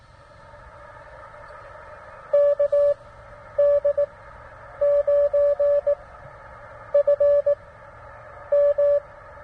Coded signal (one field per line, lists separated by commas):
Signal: Morse code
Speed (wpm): 19 wpm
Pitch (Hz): 580 Hz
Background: none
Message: KD9FM